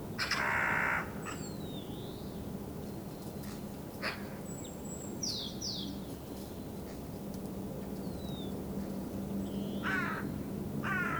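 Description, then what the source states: Eurasian Magpie uttering harsh, grating chatter at the start and again near the end, with a few thin whistles of other birds and a steady low background hum. Field recording from Finland, released on cassette in 1987.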